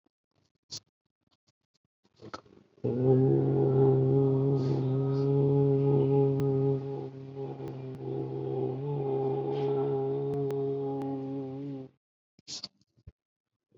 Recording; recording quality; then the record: sustained vowel as in boot; excellent, no background noise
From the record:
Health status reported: COVID-19 positive, mild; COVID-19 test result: positive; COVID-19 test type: RT-PCR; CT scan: not taken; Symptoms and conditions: cough, diabetes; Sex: male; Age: 60 years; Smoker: no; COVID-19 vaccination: both doses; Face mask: not worn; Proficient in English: yes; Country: India